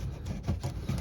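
A plastic retaining clip on the tail light trim of a 2008-2014 Dodge Challenger is being handled and pushed toward its hole in the tail light body, with low rustling and a brief handling tap around 0.6 s. Nothing has seated or clicked yet.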